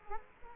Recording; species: mosquito wingbeat signal from an infrared sensor; Culex quinquefasciatus